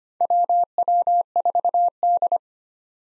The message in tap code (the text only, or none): none